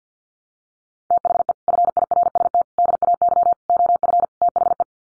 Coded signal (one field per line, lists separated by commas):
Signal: Morse code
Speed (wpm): 50 wpm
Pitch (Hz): 700 Hz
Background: none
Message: THE FIRST DAY OF THE